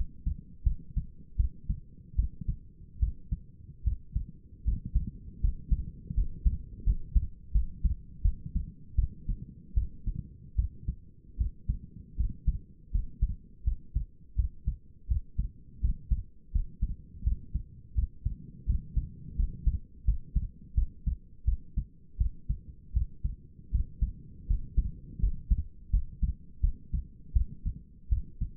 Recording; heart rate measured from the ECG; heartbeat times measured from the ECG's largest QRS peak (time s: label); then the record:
heart sounds by stethoscope; 81 bpm
0.64 s: heartbeat
1.37 s: heartbeat
2.16 s: heartbeat
3.00 s: heartbeat
3.84 s: heartbeat
4.64 s: heartbeat
5.41 s: heartbeat
6.14 s: heartbeat
6.84 s: heartbeat
7.52 s: heartbeat
8.22 s: heartbeat
8.96 s: heartbeat
9.74 s: heartbeat
10.56 s: heartbeat
11.38 s: heartbeat
12.17 s: heartbeat
12.92 s: heartbeat
13.64 s: heartbeat
14.36 s: heartbeat
15.08 s: heartbeat
15.81 s: heartbeat
16.52 s: heartbeat
17.24 s: heartbeat
17.95 s: heartbeat
18.66 s: heartbeat
19.36 s: heartbeat
20.05 s: heartbeat
20.75 s: heartbeat
21.45 s: heartbeat
22.18 s: heartbeat
22.93 s: heartbeat
23.71 s: heartbeat
24.47 s: heartbeat
25.20 s: heartbeat
25.91 s: heartbeat
26.61 s: heartbeat
27.33 s: heartbeat
28.09 s: heartbeat
From the record:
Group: healthy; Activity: cold pressor test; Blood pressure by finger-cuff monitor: 136/88 mmHg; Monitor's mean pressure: 103 mmHg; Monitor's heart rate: 83 bpm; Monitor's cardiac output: 5.8 L/min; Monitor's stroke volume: 69 mL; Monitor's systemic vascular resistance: 1290 dyn s/cm5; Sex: female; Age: 37 years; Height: 168 cm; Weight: 70 kg